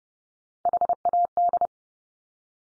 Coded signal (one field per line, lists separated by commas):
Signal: Morse code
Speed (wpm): 30 wpm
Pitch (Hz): 700 Hz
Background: none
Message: HAD